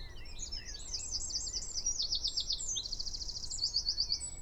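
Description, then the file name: Eurasian wren song: a fast, high tumbling phrase of chipping notes that runs into rattling trills, ending with a bright trill. "Troglodytes troglodytes"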